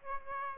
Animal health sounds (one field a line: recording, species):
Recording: mosquito wingbeat signal from an infrared sensor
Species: Aedes aegypti